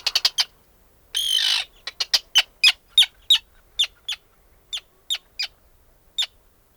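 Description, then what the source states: Bird calls: a rapid series of sharp, high clicking notes, broken once by a short harsh buzzy squawk, then repeated about three times a second and slowing toward the end. Recorded in the Arctic.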